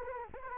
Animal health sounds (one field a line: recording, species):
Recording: mosquito wingbeat signal from an infrared sensor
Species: Anopheles arabiensis